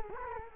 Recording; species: mosquito wingbeat signal from an infrared sensor; Culex quinquefasciatus